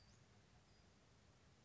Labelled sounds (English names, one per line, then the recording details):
Western Flycatcher
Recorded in Sonoma County, California